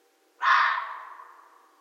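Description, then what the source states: Red fox letting out one sharp, raspy bark with a sudden start and a long, fading tail. Recorded 13 January 2012.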